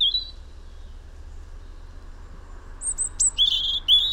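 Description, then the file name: European robin song: one faint thin note, a long hissing pause, then a sudden bright phrase of high whistles and quick trills. "Erithacus rubecula"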